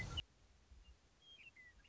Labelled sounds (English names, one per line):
Western Meadowlark